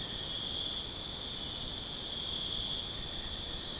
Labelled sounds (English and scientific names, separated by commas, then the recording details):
none
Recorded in pastures near Puerto Asís, Putumayo, Colombia, on 25 June 2025 at 22:00
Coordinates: 0.496, -76.326
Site GP01